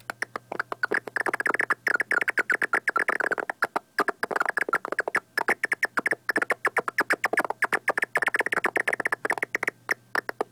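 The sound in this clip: Big brown bat calls: a dense, fast train of sharp clicking pulses, ticking many times a second with brief gaps.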